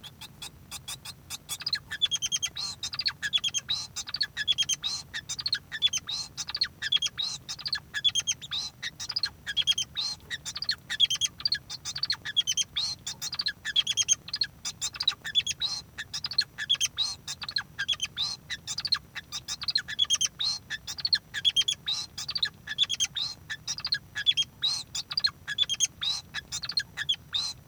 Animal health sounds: song of a male Bengalese finch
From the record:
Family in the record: son of father 2

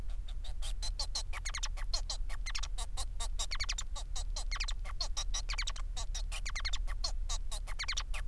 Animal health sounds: song of a male Bengalese finch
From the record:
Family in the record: son of father 4

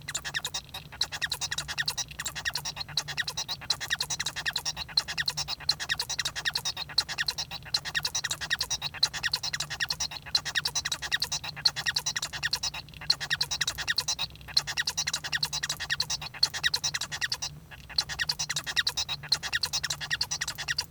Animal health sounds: song of a male Bengalese finch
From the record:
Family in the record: son of father 1

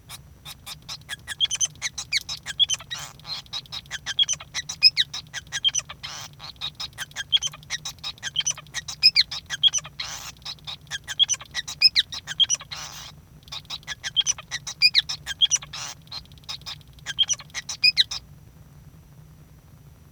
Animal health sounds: song of a male Bengalese finch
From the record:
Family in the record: son of father 5

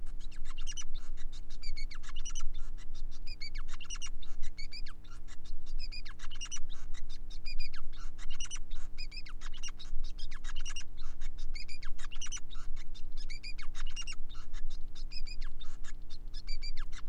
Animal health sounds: song of a male Bengalese finch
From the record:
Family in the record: son of father 5

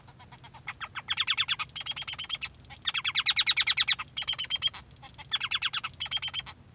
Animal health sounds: song of a male Bengalese finch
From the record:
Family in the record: son of father 3

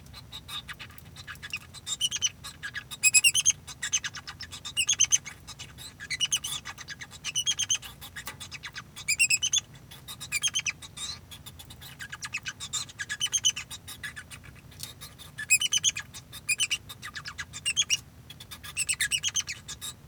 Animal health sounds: song of a male Bengalese finch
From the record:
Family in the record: son of father 2

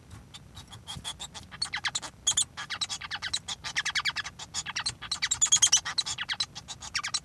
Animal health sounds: song of a male Bengalese finch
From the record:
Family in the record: son of father 1

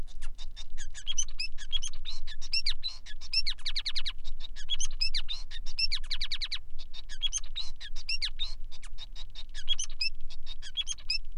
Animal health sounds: song of a male Bengalese finch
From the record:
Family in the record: son of father 5

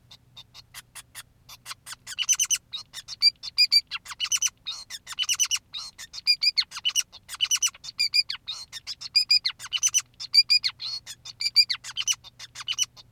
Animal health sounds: song of a male Bengalese finch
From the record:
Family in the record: son of father 2, and himself father 5

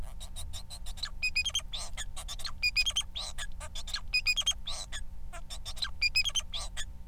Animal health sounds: song of a male Bengalese finch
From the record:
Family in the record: son of father 4

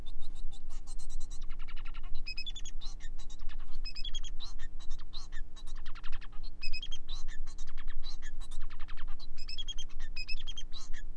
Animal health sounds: song of a male Bengalese finch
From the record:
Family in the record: son of father 4

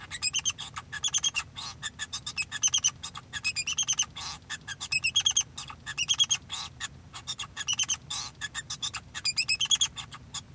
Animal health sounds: song of a male Bengalese finch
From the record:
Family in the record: son of father 2

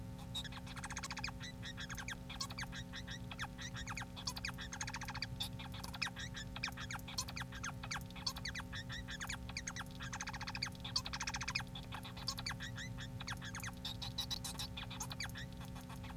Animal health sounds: song of a male Bengalese finch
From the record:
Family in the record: son of father 4

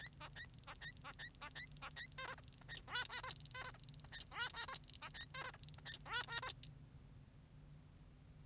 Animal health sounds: song of a male Bengalese finch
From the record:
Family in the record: son of father 3

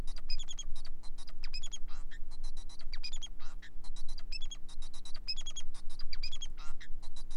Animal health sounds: song of a male Bengalese finch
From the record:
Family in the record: son of father 4

